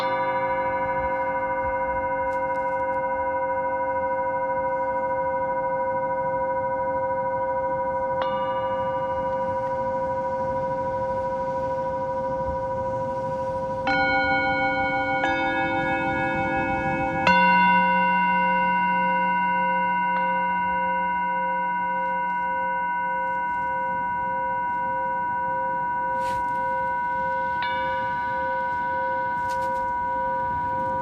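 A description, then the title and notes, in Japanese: Singing bowls ring with long, steady tones that hum and overlap throughout. New strikes add fresh bright tones around 8, 14, 17 and 27 seconds, the strongest near 17 seconds bringing a lower pulsing hum. Otherwise the sound sustains evenly with a faint rustle underneath. メキシコから シンギングボウルのサウンドヒーリングをお届け ライブ。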